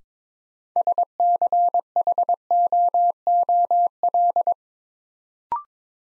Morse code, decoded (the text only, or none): SCHOOL